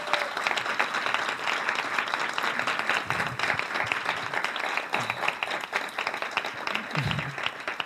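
A crowd applauds steadily for several seconds, a dense, even roar of many hands clapping at constant loudness, with a few low murmurs of voices briefly showing through.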